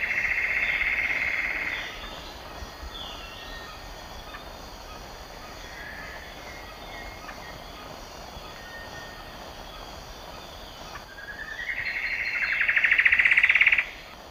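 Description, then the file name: Plumbeous antbird song: a dense high trill at the start, then a rising trill toward the end, over steady background hiss. Song and duet; eastern lowlands of South America. "Myrmeciza hyperythra, song and duet"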